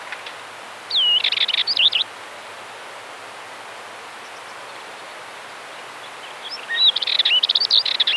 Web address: Dartford